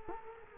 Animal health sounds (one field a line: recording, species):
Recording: mosquito wingbeat signal from an infrared sensor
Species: Culex quinquefasciatus